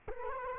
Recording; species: mosquito wingbeat signal from an infrared sensor; Culex quinquefasciatus